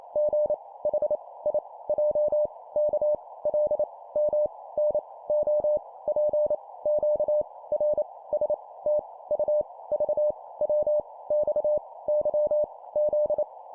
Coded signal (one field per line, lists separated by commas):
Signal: Morse code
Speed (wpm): 28 wpm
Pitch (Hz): 600 Hz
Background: none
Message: G H I J K L M N O P Q R S T U V W X Y Z